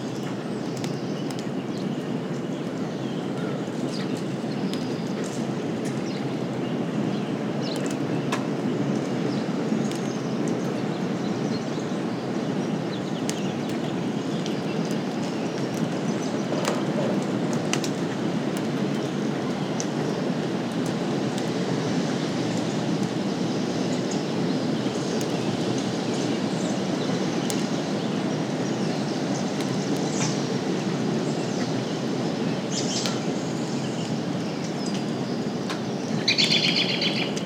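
Gentle rain at the tail end of a storm makes a steady, dense wash, with a deep low rumble like rolling thunder running underneath throughout. Scattered bird calls and short ticks break through now and then, with a brighter burst of song near the end.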